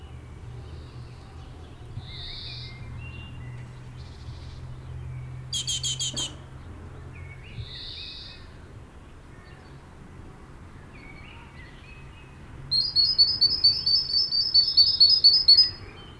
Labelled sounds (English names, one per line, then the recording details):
Great Tit call
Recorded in the wild
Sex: pair
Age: adult
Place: Garmisch-Partenkirchen, Bayern, DE
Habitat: urban area
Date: 1968-04-19
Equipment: Nagra, Vollspur
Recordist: Tretzel, Erwin
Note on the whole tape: Garmisch-Partenkirchen, Weinast (1. Teil) mit Lockstrophe Männchen und Weibchen: ab Anfang sehr schnell: "bil-bil" (ansteigend?); "dawi zi zi" (schnell und seltsam mit Vorlaut: "hi zi"; Drohtriller (?); "hähähä (eigenartig); "zibé zibé"; "dedede" (seltsam); "hül-hül"; "tetete-hi" (Weibchen: Drohen)